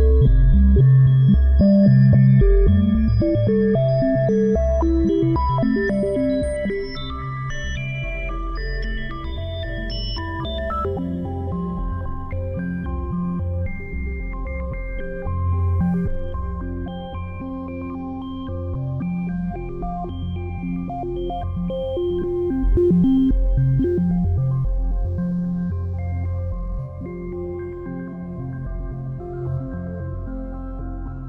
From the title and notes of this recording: Test Tones. The Audio Units plug-ins used for live performance and responsible for random routing, processing and spatialization were built with SonicBirth. The live performance is done in Plogue Bidule.